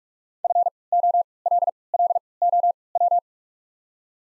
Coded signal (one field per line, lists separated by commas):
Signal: Morse code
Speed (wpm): 46 wpm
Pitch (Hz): 700 Hz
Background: none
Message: F O L L O W